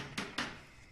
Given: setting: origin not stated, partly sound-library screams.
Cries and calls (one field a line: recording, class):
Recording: one-second piece from a danger detection set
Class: normal situation